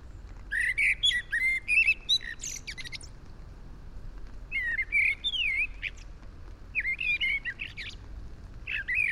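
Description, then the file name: Eurasian blackbird singing short mellow warbled phrases that close in thin, high twittering notes, with brief gaps between phrases and a quiet background. "Turdus merula"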